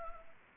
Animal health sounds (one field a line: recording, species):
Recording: mosquito wingbeat signal from an infrared sensor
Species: Anopheles arabiensis